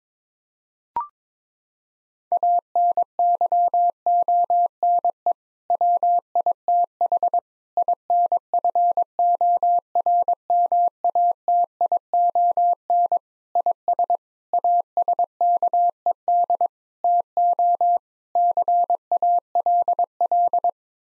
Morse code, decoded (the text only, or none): ANYONE WITH INFORMATION IS ASKED TO CALL